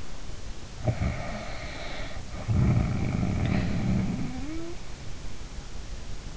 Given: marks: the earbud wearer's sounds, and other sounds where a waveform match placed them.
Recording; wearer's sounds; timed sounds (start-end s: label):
sounds in sleep by an in-ear microphone; snoring breath
0.75-4.76 s: snoring breath